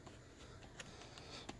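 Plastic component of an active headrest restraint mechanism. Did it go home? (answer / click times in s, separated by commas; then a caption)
no / none. A plastic component of the active headrest restraint mechanism from a deployed headrest on a 2014 Dodge Grand Caravan is handled and pushed back in during repair. Faint handling noise and a few brief light ticks are heard over low background hum. Nothing has seated or clicked into place yet.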